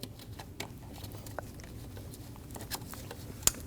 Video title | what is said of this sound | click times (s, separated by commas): How to Replace Intake Manifold 2012-2022 Volkswagen Passat | Push until you hear a click. | 3.5 s